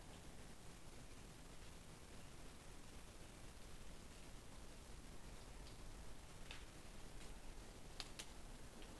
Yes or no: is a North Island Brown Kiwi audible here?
no